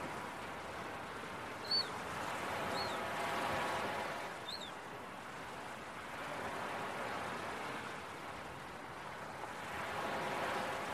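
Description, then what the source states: Gull giving a few brief, thin, arched calls in the first five seconds, with rolling beach surf washing in and out throughout. Seagulls calling with beach waves early in the morning.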